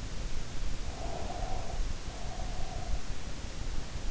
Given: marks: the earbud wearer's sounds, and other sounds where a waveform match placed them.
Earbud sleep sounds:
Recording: sounds in sleep by an in-ear microphone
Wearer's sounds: breath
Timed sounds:
0.85-3.12 s: breath

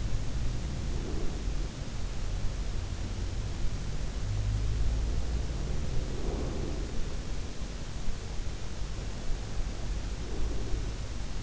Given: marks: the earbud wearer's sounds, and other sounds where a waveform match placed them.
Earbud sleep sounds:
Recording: sounds in sleep by an in-ear microphone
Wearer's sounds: breath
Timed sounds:
0.00-2.55 s: breath
4.91-7.95 s: breath
9.82-11.43 s: breath

